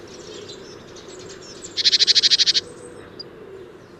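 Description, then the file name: Great tit call: a single rapid run of roughly eleven buzzy, high-pitched notes lasting under a second, set against steady low background noise. "Parus major"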